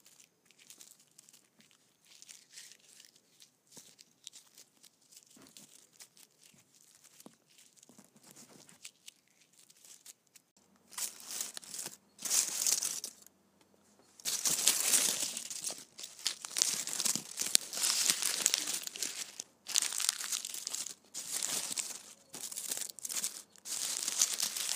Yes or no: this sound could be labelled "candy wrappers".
yes